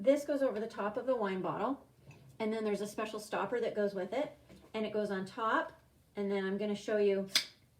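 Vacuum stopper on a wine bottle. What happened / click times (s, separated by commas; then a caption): The stopper is only being handled and has not clicked home / none. A wine saver is handled: a hand vacuum pump and its special rubber stopper go on top of a glass wine bottle, the pump meant to draw the air out until a click signals the stopper is sealed. Someone talks throughout, with a brief sharp sound near the end. Nothing has clicked or sealed yet.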